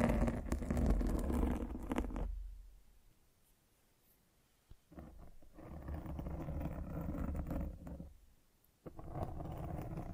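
Mic scratching comes in three bursts of dense, rough rubbing and scraping, loudest in the opening two seconds, then again from about five to eight seconds and after nine. The noise is heavy and low with a gritty top, separated by near-silent gaps.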